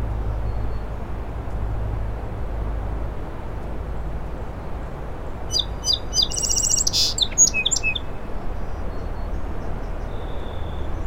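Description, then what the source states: Song sparrow song: a few sharp introductory notes, then a rapid stuttering series and a buzzy burst ending in short notes, sung once over a steady low rumble. In a shrub on a causeway to Little Moose Island, morning 07:02, 21 June 2017, mostly sunny, 60 degrees, incoming tide; Fostex FR2 recorder with Sennheiser ME 64.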